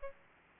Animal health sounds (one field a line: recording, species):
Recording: mosquito wingbeat signal from an infrared sensor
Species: Aedes aegypti